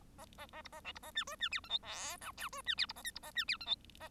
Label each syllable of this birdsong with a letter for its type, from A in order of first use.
A A A B A C B A D E D F G H I J K E D F B A L B A D F G H A